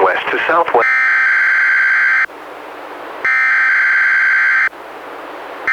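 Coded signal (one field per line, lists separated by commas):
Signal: Emergency Alert System (SAME) tones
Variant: header bursts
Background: speech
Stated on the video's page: Required weekly tests issued by the weather service, relayed by a weather radio station, recorded from a Reecom R-1630 weather radio to computer via USB.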